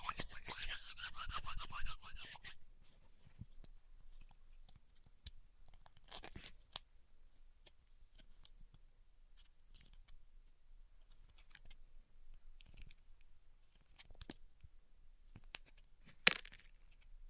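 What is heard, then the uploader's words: A band-aid is ripped off in a fast, dense tearing burst lasting about two seconds at the start. After that, things turn quiet, with scattered small clicks and crinkles, plus brief scratchy rustles near six, thirteen and sixteen seconds. ASMR Ripping Off the Band Aid (No Talking).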